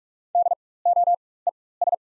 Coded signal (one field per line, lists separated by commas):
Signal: Morse code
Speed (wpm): 44 wpm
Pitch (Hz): 700 Hz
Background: none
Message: DOES